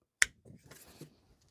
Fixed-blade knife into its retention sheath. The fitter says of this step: nice click. It's not super loud, but it had a nice click.